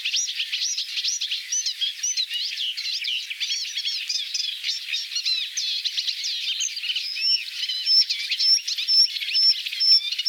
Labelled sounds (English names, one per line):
Bluethroat song